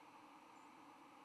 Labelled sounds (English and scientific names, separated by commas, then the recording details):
White-throated Sparrow (Zonotrichia albicollis) flight call
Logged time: 06:46 on 10 November 2014